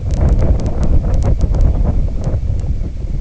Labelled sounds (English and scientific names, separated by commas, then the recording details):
none
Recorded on Arctic tundra, site IGLO-D, on 19 June 2018
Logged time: 22:00